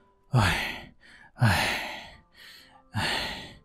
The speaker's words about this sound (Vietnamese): Toàn thân khẽ run lên, Trương dùng mình thở dốc.